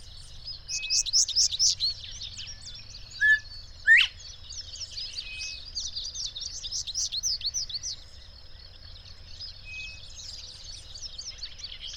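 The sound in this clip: Bird song: bursts of quick, high twittering chirps, two louder sharp notes at about three and four seconds, then softer fading twitters against a constant high hiss and low background hum.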